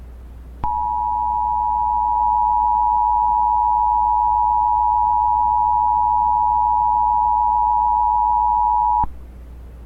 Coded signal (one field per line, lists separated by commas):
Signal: Emergency Alert System (SAME) tones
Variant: 853 and 960 Hz attention tone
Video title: Georgia tornado (EAS MOCK) VHS